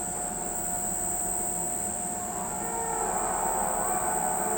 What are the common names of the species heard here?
none